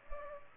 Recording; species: mosquito wingbeat signal from an infrared sensor; Culex pipiens